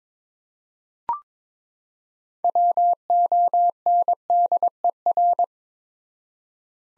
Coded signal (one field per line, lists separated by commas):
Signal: Morse code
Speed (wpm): 22 wpm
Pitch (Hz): 700 Hz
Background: none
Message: WONDER